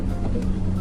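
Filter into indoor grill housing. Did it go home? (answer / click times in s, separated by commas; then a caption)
no / none. A removable grease filter is being handled and fitted into the housing of a Cosori Aeroblaze Vesync indoor smart grill, with music playing underneath. Steady low hum and soft handling noises fill the clip, and nothing has seated or clicked yet.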